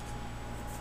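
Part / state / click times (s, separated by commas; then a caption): antenna cable connector onto laptop WiFi card / not seated / none. The white antenna lead's small coaxial snap connector is being handled over the "2" terminal of the WiFi card in a Toshiba Satellite C855D laptop, ready to be pressed on. Only a steady, low background hum with faint handling noise is heard, with no sharp transients. Nothing has seated or clicked yet.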